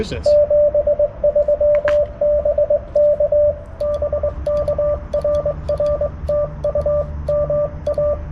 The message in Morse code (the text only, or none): 73 BK BK RR TU MA